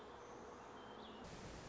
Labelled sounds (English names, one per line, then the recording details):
Song Sparrow
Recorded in Sonoma County, California